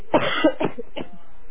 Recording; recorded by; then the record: voluntary cough; telephone call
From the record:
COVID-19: positive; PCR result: self-reported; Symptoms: yes